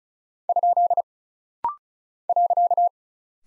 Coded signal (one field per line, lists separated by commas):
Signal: Morse code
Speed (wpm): 36 wpm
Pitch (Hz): 700 Hz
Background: none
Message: ? .